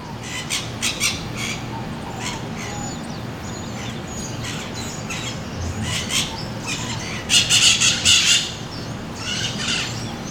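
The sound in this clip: Bird giving harsh, high squawking notes in short bursts, with a rapid cluster of loud squawks near the end over steady background noise.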